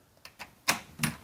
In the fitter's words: Yep, I heard that click.